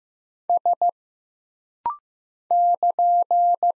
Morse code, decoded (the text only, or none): S <KN>